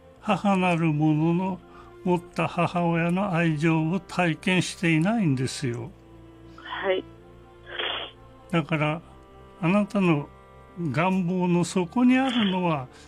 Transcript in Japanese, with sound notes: 母なるものの、持った母親の、愛情を、体験していないんですよ。
はい （鼻を吸って）
だから・・あなたの、願望の底にあるのは、